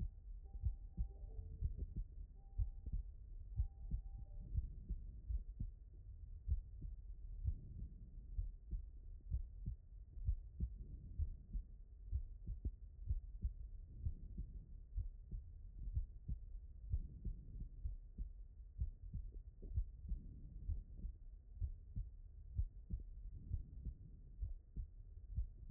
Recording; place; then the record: heart sounds by stethoscope; aortic valve (AV)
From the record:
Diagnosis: non-HFrEF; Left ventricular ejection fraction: 69%